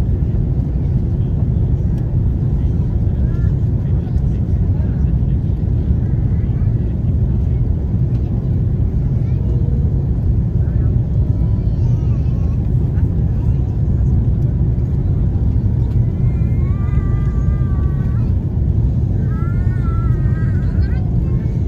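A steady, deep engine roar fills the cabin of an Airbus A330 in flight, dense and unchanging throughout. A faint voice surfaces briefly around the middle, then clearer wavering speech-like tones rise above the drone near the end.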